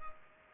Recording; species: mosquito wingbeat signal from an infrared sensor; Culex pipiens